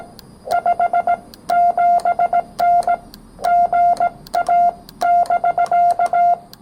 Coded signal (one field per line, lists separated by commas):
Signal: Morse code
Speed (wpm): 17 wpm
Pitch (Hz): 690 Hz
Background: none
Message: 57N GA <BK>